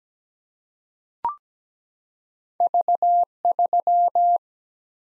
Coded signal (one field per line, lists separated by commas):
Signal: Morse code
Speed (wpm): 17 wpm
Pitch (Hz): 700 Hz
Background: none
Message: V3